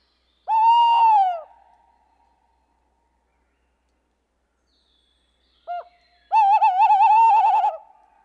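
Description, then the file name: Tawny owl with a full hoot: one long falling note, a pause of several seconds, a short note, then a long quavering tremolo. "chouette hulotte"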